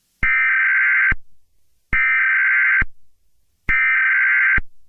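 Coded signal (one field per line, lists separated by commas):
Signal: Emergency Alert System (SAME) tones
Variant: header bursts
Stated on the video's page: Fictional EAS scenario.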